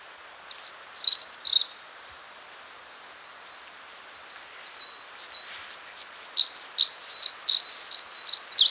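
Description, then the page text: Blue-capped redstart song: a few sharp high notes, then a stretch of thin, soft descending whistles, before a loud burst of rapid, jumbled chirps resumes. "Blue-Capped Redstart Song. Quick Sounds"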